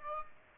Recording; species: mosquito wingbeat signal from an infrared sensor; Aedes aegypti